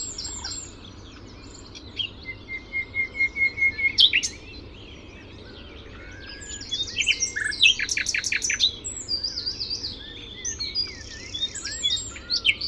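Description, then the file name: Common nightingale song opening with a row of repeated notes growing louder, then a loud rapid rattle of sharp notes and varied whistles. "Luscinia megarhynchos"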